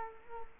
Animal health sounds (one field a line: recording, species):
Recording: mosquito wingbeat signal from an infrared sensor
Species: Culex quinquefasciatus